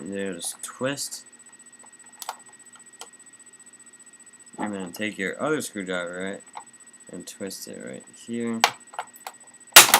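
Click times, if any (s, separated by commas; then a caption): 9.8 s. A screwdriver is twisted in the seam of an Xbox 360 Slim 250GB console's outer shell while a second screwdriver pries at a hidden plastic case clip as someone talks. Small clicks and ticks come at about 2.2, 3.0, 9.0 and 9.3 seconds. A loud, sharp snap at 9.8 seconds marks the hidden clip popping free and the shell releasing.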